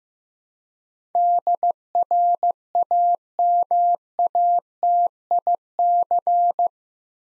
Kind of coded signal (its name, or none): Morse code